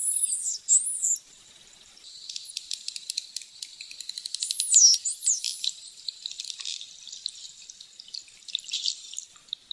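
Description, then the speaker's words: Bottlenose dolphin whistles, high looping rising and falling sweeps mixed with rapid clicking trains and buzzy pulses, several whistle contours. Recorded in the Bahamas; signature whistles act as individual names within the pod; mothers whistle almost continuously to newborn calves to imprint their name. "Each individual has its own signature whistle, sort of a name within the pod."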